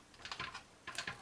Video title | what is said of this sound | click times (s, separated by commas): How to connect cables and hide them during desktop computer assembly. | too much, and it should snap in place. | 0.9 s